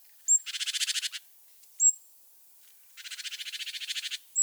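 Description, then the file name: Great tit churring calls: two dry, buzzy rattles of rapid pulses lasting about a second each, separated by short, thin, high whistled notes. "Parus major"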